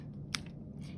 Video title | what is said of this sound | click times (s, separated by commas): De-accessing a Port | and that snap is what engages the safety | 0.3 s